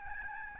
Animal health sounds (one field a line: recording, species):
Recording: mosquito wingbeat signal from an infrared sensor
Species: Aedes albopictus